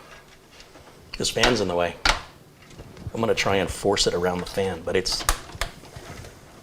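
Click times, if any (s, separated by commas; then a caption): 5.6 s. Someone talks while forcing a cable connector around a fan and into a motherboard header inside an HSCCGI ATX Mid-Tower PC gaming case. A sharp click at 5.6 s marks the connector latching into place, seated despite the tight fit.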